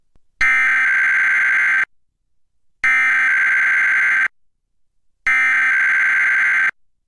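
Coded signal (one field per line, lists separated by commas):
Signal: Emergency Alert System (SAME) tones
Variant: header bursts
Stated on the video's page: Weekly EAS test relayed by KOPB-DT4 in Portland, received on a digital tuner and recorder.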